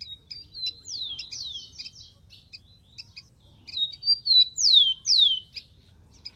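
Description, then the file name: Rufous-collared sparrow, two songs: each has short level whistles leading into a pair of loud down-slurred whistles, with soft chipping between. "canto do tico tico"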